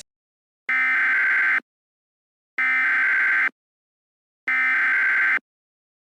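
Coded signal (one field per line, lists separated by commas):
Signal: Emergency Alert System (SAME) tones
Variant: header bursts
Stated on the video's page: Mock remake of an EAS scenario, a simulated alert rather than a real broadcast.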